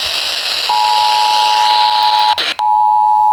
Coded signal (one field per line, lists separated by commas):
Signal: Emergency Alert System (SAME) tones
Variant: 853 and 960 Hz attention tone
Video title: North Carolina Required Monthly Test on Multiple stations (EAS #714-730)